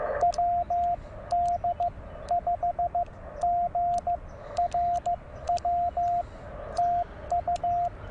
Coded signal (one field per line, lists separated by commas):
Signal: Morse code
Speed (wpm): 15 wpm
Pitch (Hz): 690 Hz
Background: radio noise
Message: WD5GRW TU